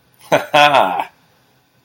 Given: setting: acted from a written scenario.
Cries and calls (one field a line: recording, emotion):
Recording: vocal sound without words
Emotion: pride